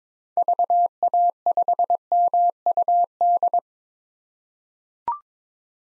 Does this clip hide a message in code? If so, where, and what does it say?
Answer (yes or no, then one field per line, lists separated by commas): yes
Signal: Morse code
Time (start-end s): 0.4-3.6 s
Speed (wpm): 21 wpm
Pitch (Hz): 700 Hz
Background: none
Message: VA5MUD